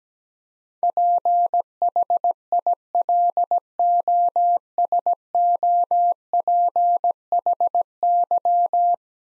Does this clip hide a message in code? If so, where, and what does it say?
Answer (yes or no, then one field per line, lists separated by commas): yes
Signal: Morse code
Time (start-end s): 0.8-8.9 s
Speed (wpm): 17 wpm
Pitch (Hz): 700 Hz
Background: none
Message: PHILOSOPHY